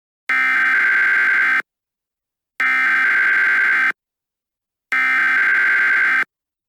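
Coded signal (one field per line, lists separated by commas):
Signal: Emergency Alert System (SAME) tones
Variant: header bursts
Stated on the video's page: Fictional Ghostbusters-themed EAS scenario, not a real alert.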